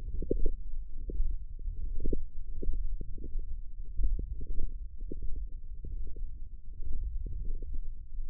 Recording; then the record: forearm muscle sounds (acoustic myography)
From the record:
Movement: wrist flexion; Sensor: system 1, eight BSWA MPA416 microphones around the upper forearm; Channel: 6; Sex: female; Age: 22 years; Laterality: right